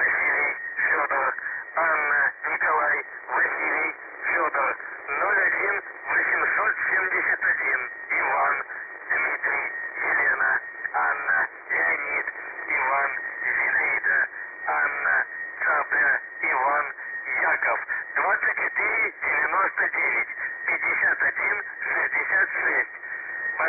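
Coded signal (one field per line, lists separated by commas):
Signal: numbers station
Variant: UVB-76 (The Buzzer)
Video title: The Buzzer/UVB-76 Voice Message (December 2, 2020 10:43 UTC)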